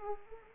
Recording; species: mosquito wingbeat signal from an infrared sensor; Anopheles arabiensis